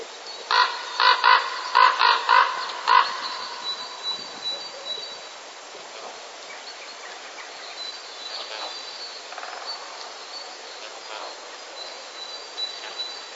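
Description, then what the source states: Common raven gives a quick series of several loud, harsh croaks over about three seconds, then softer calls continue over steady background noise. Courtship calling during the breeding season.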